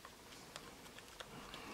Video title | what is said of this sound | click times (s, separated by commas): Galaxy Note Edge Logic Board Motherboard Replacement How To Change | we're going to just make sure that it snaps down in to place and you can feel it clicking in different places | 0.6 s, 1.0 s, 1.2 s, 1.5 s